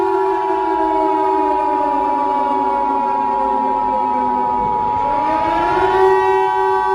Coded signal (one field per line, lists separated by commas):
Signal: Emergency Alert System (SAME) tones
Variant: 853 and 960 Hz attention tone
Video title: EAS scenario 22 (MEGA): Herobrine 5: it all ends here